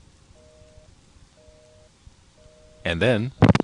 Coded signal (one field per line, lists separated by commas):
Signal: telephone call progress tone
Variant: North America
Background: speech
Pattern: busy tone